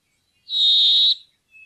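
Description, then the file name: Brambling giving a single drawn-out wheezing note, level in pitch and lasting under a second, followed by a faint brief note. "bjoerkefink"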